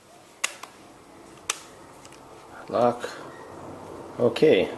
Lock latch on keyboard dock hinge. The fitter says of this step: Lock, unlock. Lock.